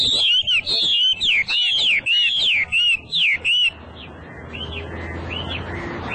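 Hwamei song: a fast series of loud descending whistled notes, then fainter slurred whistles over a low background hum.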